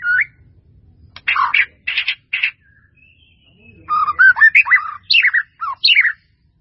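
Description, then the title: White-rumped Shama song of rich, varied whistles and churring notes in two bursts, with loud falling whistled phrases near the end. "murai batu"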